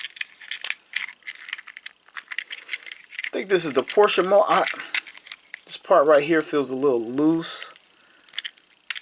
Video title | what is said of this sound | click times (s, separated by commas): Transformers Legacy Deluxe Class Dead End toy review | And I don't hear it snapping or tabbing in back here. | none